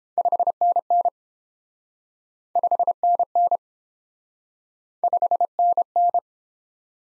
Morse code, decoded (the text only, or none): 5NN 5NN 5NN